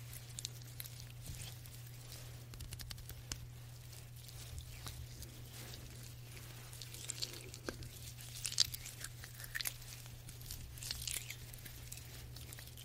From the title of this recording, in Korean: 말없이 부드러운 손 마사지 소리